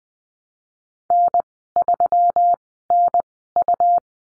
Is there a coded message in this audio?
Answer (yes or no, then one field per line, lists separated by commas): yes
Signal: Morse code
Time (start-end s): 1.1-4.0 s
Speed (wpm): 20 wpm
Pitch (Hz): 700 Hz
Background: none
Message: N3NU